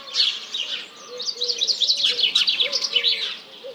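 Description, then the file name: House Sparrows chattering in rapid overlapping chirps, over repeated low pigeon coos. Large flock calling in the morning at 07:30 on 1 March 2007, mixed with various pigeons. "Réveil des oiseaux"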